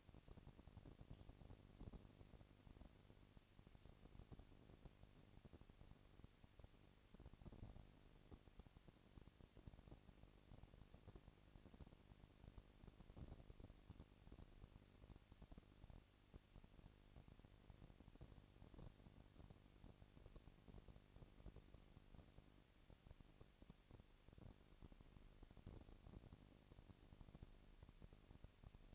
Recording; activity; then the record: daily activity, microphone in the room; no activity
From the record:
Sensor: 4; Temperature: 22.5 degrees Celsius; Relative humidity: 33.3%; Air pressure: 999.7 hPa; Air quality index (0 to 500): 231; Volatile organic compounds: 21 ppm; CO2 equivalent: 2710 ppm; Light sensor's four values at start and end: 2/3/1/1 and 2/3/1/1